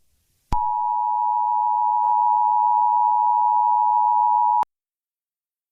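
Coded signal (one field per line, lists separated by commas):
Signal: Emergency Alert System (SAME) tones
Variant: 853 and 960 Hz attention tone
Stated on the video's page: Fictional EAS scenario, not a real alert.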